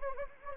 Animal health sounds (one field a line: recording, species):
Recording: mosquito wingbeat signal from an infrared sensor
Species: Anopheles gambiae